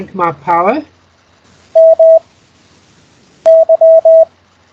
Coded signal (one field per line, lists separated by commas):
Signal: Morse code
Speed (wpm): 20 wpm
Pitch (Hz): 650 Hz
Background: speech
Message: E MY